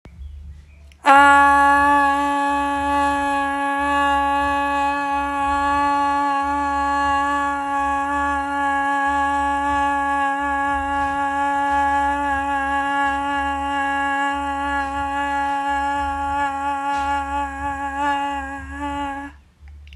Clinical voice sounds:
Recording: sustained vowel /a/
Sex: female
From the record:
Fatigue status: no fatigue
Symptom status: symptomatic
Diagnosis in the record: COVID-19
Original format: m4a

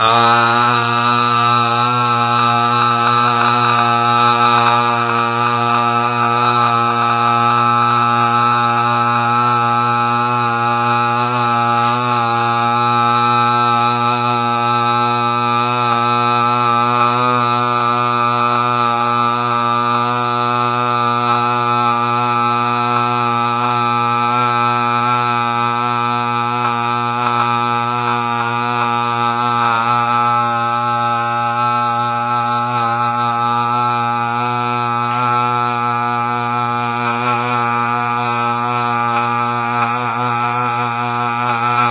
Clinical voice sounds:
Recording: sustained vowel /a/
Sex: male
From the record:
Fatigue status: no fatigue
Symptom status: symptomatic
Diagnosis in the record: COVID-19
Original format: 3gp

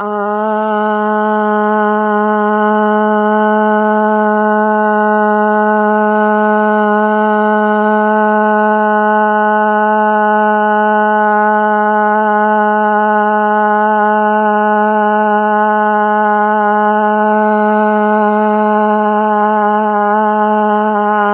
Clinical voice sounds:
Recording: sustained vowel /a/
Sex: female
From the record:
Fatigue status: fatigue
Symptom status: symptomatic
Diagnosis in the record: COVID-19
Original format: 3gp

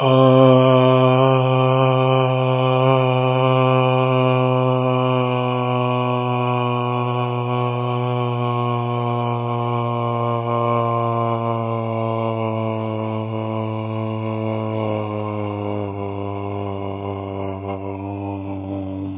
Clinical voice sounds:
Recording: sustained vowel /a/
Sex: male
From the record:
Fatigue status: no fatigue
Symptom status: asymptomatic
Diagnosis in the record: COVID-19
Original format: 3gp

